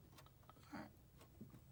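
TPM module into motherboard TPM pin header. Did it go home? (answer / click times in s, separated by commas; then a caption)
no / none. A small TPM 2.0 module is pressed by hand onto the motherboard's TPM pin header while the PC is off. Only faint ticks near 0.3 s and 0.5 s and a brief soft scuff around 0.8 s are heard, and nothing has seated or clicked yet. Afterwards a green light comes on.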